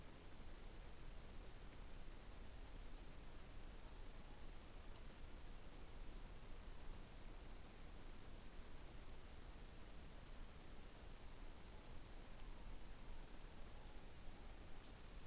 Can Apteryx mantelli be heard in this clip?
no